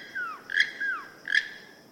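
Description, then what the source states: Keel-billed Toucan giving creaky, croaking notes with falling slurred tones, two bursts about three quarters of a second apart. Also called Rainbow-billed Toucan; its song sets the mood at Mayan archaeological ruins in Mexico.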